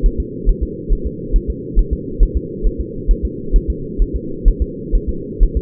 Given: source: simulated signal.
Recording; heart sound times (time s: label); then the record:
fetal heart sounds
0.06 s: S1
0.20 s: S2
0.49 s: S1
0.63 s: S2
0.93 s: S1
1.06 s: S2
1.36 s: S1
1.50 s: S2
1.79 s: S1
1.93 s: S2
2.23 s: S1
2.37 s: S2
2.67 s: S1
2.81 s: S2
3.11 s: S1
3.25 s: S2
3.56 s: S1
3.70 s: S2
4.02 s: S1
4.16 s: S2
4.48 s: S1
4.62 s: S2
4.95 s: S1
5.09 s: S2
5.43 s: S1
5.57 s: S2
From the record:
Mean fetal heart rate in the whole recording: 130 bpm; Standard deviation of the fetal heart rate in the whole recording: 4 bpm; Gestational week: 38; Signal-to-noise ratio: -4.3 dB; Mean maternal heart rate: 72 bpm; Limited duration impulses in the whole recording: absent